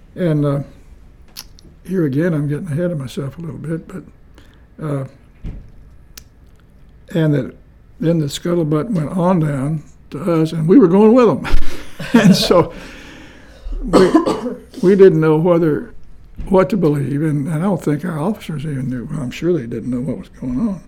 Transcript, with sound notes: And…here again, I’m getting ahead of myself a little bit, but…and a, then the scuttlebutt went on down to us and we were going with them [Chuckling] and so we, we didn’t know whether, what to believe, and I don’t think our officers even knew, I’m sure they didn’t know what was going on,